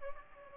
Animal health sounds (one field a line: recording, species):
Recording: mosquito wingbeat signal from an infrared sensor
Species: Aedes albopictus